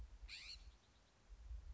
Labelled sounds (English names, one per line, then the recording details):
California Scrub-Jay
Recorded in Sonoma County, California